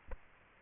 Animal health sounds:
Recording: mosquito wingbeat signal from an infrared sensor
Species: Aedes aegypti

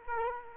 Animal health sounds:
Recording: mosquito wingbeat signal from an infrared sensor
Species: Culex quinquefasciatus

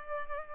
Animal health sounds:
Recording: mosquito wingbeat signal from an infrared sensor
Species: Culex pipiens

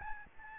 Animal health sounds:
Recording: mosquito wingbeat signal from an infrared sensor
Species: Aedes albopictus

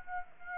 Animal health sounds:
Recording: mosquito wingbeat signal from an infrared sensor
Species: Aedes aegypti

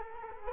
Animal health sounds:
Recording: mosquito wingbeat signal from an infrared sensor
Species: Culex quinquefasciatus

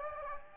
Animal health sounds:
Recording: mosquito wingbeat signal from an infrared sensor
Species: Anopheles gambiae

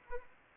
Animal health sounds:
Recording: mosquito wingbeat signal from an infrared sensor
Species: Anopheles arabiensis

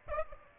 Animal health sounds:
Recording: mosquito wingbeat signal from an infrared sensor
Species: Aedes aegypti

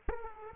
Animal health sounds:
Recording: mosquito wingbeat signal from an infrared sensor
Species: Aedes aegypti

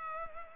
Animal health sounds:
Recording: mosquito wingbeat signal from an infrared sensor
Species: Culex pipiens

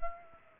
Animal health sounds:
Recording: mosquito wingbeat signal from an infrared sensor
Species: Aedes aegypti

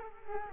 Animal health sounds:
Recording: mosquito wingbeat signal from an infrared sensor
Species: Culex quinquefasciatus

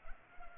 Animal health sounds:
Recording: mosquito wingbeat signal from an infrared sensor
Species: Culex pipiens

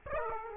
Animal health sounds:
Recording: mosquito wingbeat signal from an infrared sensor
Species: Aedes aegypti

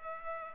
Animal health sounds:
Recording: mosquito wingbeat signal from an infrared sensor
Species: Culex pipiens

